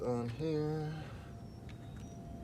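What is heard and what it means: A halogen headlight bulb for a 2014–2018 Dodge Durango is handled as it is fitted onto its plastic wiring socket/connector, while someone talks for the first second. Only quiet handling follows, with one faint short tick around 1.7 s. The bulb has not seated or clicked into its socket yet.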